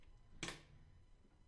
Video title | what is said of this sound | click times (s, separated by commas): Epic $1300 Gaming PC Build Guide! Bask in the glory - Deadbeat Devs | You'll hear a little click | 0.4 s